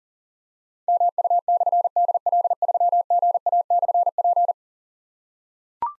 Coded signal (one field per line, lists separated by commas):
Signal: Morse code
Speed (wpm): 39 wpm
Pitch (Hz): 700 Hz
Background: none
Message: MU/DL3GA/P